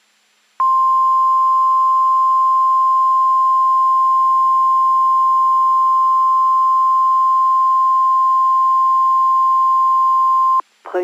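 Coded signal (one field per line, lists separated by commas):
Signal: Emergency Alert System (SAME) tones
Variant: 1050 Hz attention tone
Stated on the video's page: Weather Radio Canada transmitter, formerly XLN473, heard at its shutdown.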